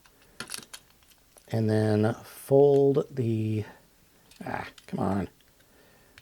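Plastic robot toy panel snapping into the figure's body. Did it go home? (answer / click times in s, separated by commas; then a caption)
no / none. A plastic panel on a 6-in-1 King Bianzhanshen combiner robot toy is handled and folded while the figure is transformed back into vehicle mode. Light plastic ticks and taps come early in the clip, and then someone talks while struggling with the fold. Nothing has snapped or seated into the figure's body yet.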